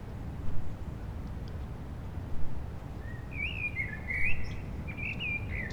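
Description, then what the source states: Common blackbird song, a quiet warbled phrase in the second half with faint high twitters, over low traffic rumble and a few bumps. Several blackbirds singing after sunset on a mild day, eve of the winter solstice, on Rue Jacques Cartier, Aix-les-Bains, France, with urban traffic.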